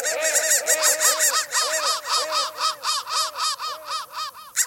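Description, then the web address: Crow cawing in a rapid, continuous series of harsh, arched calls with barely a pause throughout. "soundfactory crow"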